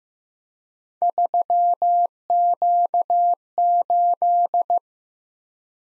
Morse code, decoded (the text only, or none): 3Q8